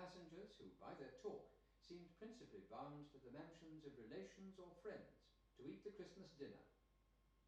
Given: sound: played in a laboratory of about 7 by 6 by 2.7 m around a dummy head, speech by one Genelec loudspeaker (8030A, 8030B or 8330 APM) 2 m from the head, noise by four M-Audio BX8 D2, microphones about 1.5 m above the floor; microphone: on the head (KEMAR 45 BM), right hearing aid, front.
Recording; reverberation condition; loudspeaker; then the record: male speech in English; medium; 60 degrees to the left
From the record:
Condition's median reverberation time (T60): about 510 ms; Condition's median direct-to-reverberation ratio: about -0.5 dB